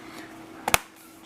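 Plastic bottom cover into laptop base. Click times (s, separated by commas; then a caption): 0.7 s. A plastic bottom cover is pressed down onto a laptop base, and its stiff clips snap in. A short sharp tick at 0.7 s is followed by a louder, crisp snap at 0.74 s as the cover clips seat home.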